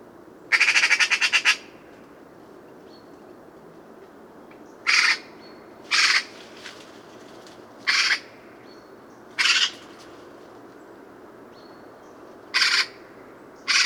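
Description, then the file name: Eurasian magpie calling: an opening rapid harsh rattle, then single loud squawk notes spaced one to three seconds apart. "Pica pica"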